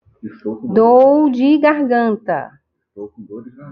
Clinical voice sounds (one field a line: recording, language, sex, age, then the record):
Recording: spoken sentence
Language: Brazilian Portuguese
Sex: female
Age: 50 to 59 years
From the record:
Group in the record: control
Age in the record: 53 years